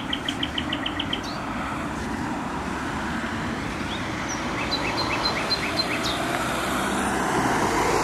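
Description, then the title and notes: Nightingale song: a rapid run of repeated sharp notes, then a second series of rising chirps a few seconds later, over loud continuous traffic roar. Singing in bushes close to a noisy motorway, Trasa Toruńska, Bródno-Podgrodzie, Warsaw, Poland; recorded with an Olympus LS-11. "Bródno-Podgrodzie, Warszawa, Polska - Trasa Toruńska Nightingale. Recording nightingale singing in bushes close to noisy motorway"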